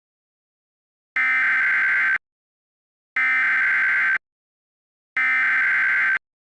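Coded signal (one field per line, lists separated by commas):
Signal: Emergency Alert System (SAME) tones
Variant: header bursts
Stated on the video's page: Mock EAS tsunami alert for Nantucket, made in Filmora editing software, not a real broadcast.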